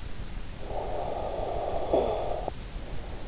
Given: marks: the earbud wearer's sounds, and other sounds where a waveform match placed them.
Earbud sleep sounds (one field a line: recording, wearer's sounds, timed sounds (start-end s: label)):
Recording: sounds in sleep by an in-ear microphone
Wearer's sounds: snoring breath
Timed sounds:
0.45-3.19 s: snoring breath